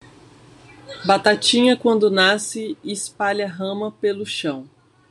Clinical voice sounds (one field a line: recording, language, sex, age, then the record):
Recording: short text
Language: Brazilian Portuguese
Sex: female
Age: 30 to 39 years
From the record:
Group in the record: control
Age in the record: 36 years